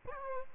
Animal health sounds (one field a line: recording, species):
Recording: mosquito wingbeat signal from an infrared sensor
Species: Aedes albopictus